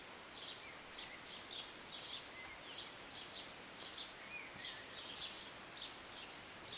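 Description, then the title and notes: Bird chirps, short bright notes repeated roughly every half second in an uneven series, with a few thin whistled slides, over a steady hiss of rain. Recorded on a city balcony on a Sunday morning during a short rain, birds singing and chirping. "Rainy Morning with Birds Chirping. Was sitting on my balcony on a Sunday morning, enjoying a cup of tea and the birds. Enjoy the short rain in the morning with birds singing and chirping beautifully. And an occasional plane. Believe it or not, this was recorded in the city"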